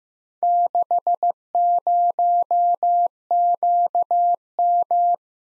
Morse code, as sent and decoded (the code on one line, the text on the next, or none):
-.... ----- --.- --
60QM